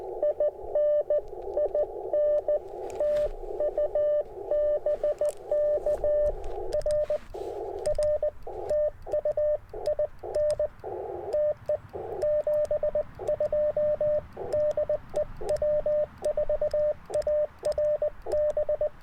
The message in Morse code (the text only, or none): IN IN TU BK R R TU IN TE 72 DE W4ARB